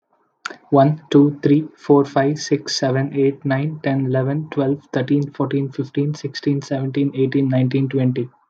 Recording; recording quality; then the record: counting at a fast pace; excellent, no background noise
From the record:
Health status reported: healthy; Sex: male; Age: 25 years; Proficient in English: yes